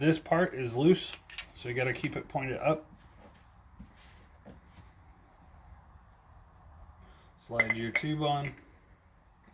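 Someone talks while reassembling a Harley motorcycle front fork, with the loose part kept pointed up and the metal fork tube slid down over the damper assembly. Between the talking there are quiet metallic handling sounds. Nothing has seated yet.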